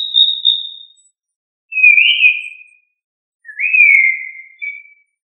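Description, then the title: Thrush singing mellow whistled phrases: a steady high note, then two slurred, gently rising and falling whistles, each followed by a short silence. "Familia Turdidae - Sabia"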